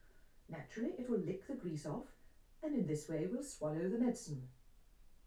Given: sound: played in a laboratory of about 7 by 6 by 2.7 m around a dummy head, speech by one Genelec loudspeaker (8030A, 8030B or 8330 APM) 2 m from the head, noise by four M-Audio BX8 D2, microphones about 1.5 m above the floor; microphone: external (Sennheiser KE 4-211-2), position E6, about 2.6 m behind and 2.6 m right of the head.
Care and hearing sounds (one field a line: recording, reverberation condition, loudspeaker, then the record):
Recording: female speech in English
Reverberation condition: low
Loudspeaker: 150 degrees to the left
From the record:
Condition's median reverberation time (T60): about 310 ms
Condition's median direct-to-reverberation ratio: about 3.5 dB